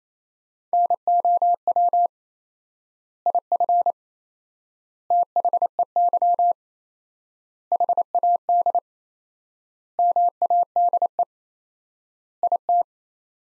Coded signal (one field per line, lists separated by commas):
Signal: Morse code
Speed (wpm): 28 wpm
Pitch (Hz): 700 Hz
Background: none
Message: NOW IF THEY HAD MADE IT